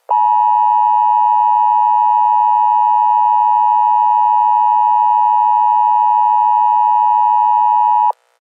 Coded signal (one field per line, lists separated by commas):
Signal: Emergency Alert System (SAME) tones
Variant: 853 and 960 Hz attention tone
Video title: Angry EAS: Tornado Warning